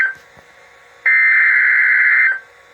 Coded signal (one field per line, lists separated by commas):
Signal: Emergency Alert System (SAME) tones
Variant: header bursts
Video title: EAS #158 - Severe Thunderstorm Warning